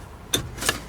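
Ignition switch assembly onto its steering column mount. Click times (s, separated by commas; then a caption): 0.3 s. An ignition switch assembly on a Hyundai is rotated and slid backwards onto its mount on the steering column. It latches with a sharp click at 0.3 s, followed by a softer bright click at 0.7 s. The switch housing is seated on the steering column mount.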